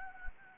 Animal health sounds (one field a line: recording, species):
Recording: mosquito wingbeat signal from an infrared sensor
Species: Anopheles gambiae